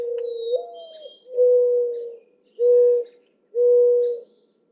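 Mourning dove cooing song, a low rising coo followed by three steady, drawn-out coos, with thin high whistles from another bird in the background.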